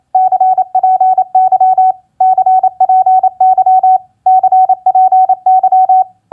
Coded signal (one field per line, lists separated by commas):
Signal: Morse code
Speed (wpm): 27 wpm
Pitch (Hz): 750 Hz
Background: none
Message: CPY CPY CPY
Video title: Morse Code Practice QSO Elements Q4e HWCPY-GUD-CPY 28wpm